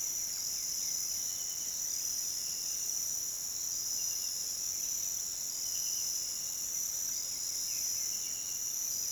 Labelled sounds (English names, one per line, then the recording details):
none
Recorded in pastures near Puerto Asís, Putumayo, Colombia, on 29 June 2025 at 06:00
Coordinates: 0.486, -76.323
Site H29